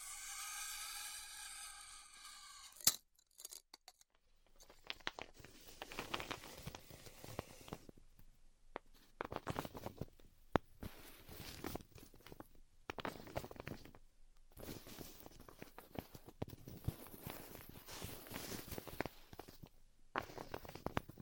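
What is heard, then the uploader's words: Styrofoam being cut with a heat cutter. A steady buzzing tone runs for the first three seconds and ends in a sharp click, then irregular bursts of dry crackling and squeaky scratching follow, broken by short silent pauses throughout. ASMR Styrofoam Heat Cutting (No Talking).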